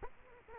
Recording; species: mosquito wingbeat signal from an infrared sensor; Culex quinquefasciatus